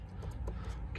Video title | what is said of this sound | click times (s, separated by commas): How to replace the puddle lamp on a S550 2015-2017 Mustang GT in under 5 mintues! (blurry pony logo) | the back side will snap right in okay | 1.0 s